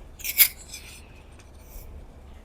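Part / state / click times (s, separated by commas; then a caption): butane gas canister into portable camping stove / not seated / none. A butane gas canister is being fitted into a portable camping stove and turned toward its locked position. A short burst of bright, high-pitched metallic scraping and rubbing peaks around 0.4 s, followed by faint handling sounds. Nothing has seated or clicked yet.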